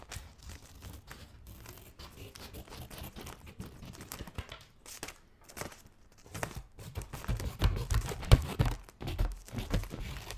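Scissors cutting paper and plastic, with irregular crisp snips and crinkling rustles that grow louder and denser in the second half.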